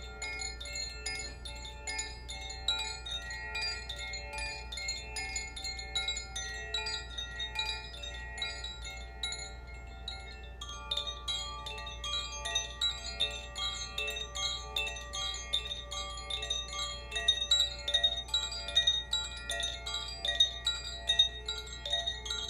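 Water-element chimes ring continuously in dense, overlapping bright tones, busier after the midpoint, over a faint low hum throughout.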